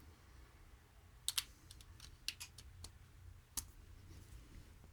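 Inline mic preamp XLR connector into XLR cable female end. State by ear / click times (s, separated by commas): not seated / none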